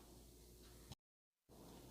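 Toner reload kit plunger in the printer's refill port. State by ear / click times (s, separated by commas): not seated / none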